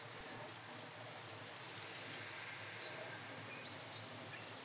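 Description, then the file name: Common blackbird calls: two brief, thin, very high-pitched notes about three seconds apart against a soft steady hiss. "Turdus merula"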